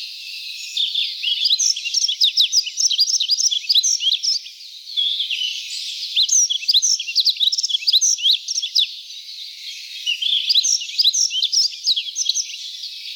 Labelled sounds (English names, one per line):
Yellow-throated Bunting song